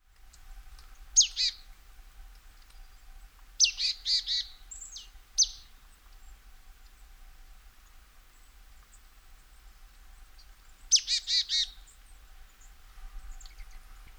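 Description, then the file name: Marsh tit calling in three bouts, each a sharp high note leading into a few harsh buzzy notes, separated by quiet pauses. "Poecile palustris"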